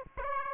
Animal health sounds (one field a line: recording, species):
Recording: mosquito wingbeat signal from an infrared sensor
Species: Aedes aegypti